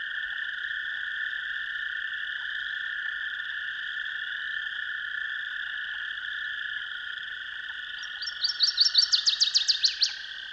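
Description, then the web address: Northern waterthrush: a steady background drone for several seconds, then a quick, loud series of sharp notes ending in lower slurred notes. "Dan Gibson's Solitudes Songbirds. Northern Waterthrush"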